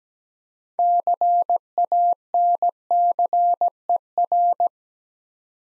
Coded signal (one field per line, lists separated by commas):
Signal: Morse code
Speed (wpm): 17 wpm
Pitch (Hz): 700 Hz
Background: none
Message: CANCER